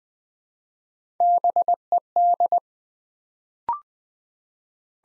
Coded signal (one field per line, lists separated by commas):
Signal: Morse code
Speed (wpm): 20 wpm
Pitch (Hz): 700 Hz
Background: none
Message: BED